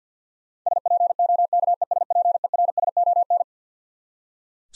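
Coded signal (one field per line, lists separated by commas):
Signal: Morse code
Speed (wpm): 45 wpm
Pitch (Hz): 700 Hz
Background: none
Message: SPOKESPERSON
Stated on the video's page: Twelve-letter words sent at 50 wpm for head-copy practice, each word sent, then spoken, then sent again.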